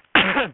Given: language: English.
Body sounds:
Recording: throat vibration sensor signal played as sound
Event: cough

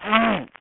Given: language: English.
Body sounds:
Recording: throat vibration sensor signal played as sound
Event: throat clearing

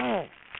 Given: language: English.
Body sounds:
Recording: throat vibration sensor signal played as sound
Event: throat clearing

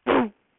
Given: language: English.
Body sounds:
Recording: throat vibration sensor signal played as sound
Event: throat clearing

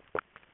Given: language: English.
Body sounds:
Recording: throat vibration sensor signal played as sound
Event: swallow

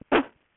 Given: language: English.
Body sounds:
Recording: throat vibration sensor signal played as sound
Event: cough

